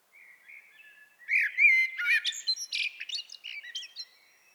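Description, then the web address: Common blackbird song phrase opening with faint low warbling, then mellow whistles and a jumble of high squeaky twitters that trail off. "SETE data Turdus merula"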